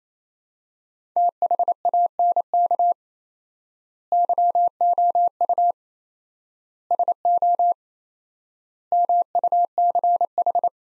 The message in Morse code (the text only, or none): THANK YOU SO MUCH